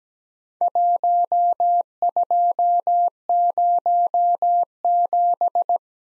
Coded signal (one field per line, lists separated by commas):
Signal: Morse code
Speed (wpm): 17 wpm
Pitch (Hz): 700 Hz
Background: none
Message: 1207